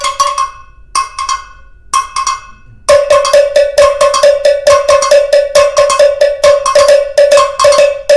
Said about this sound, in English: So now if we have ordered two bells, then they will play.